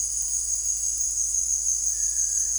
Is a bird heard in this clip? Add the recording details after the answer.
no. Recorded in secondary vegetation near Puerto Asís, Putumayo, Colombia, on 20 December 2024 at 17:30. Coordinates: 0.484, -76.319. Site GP06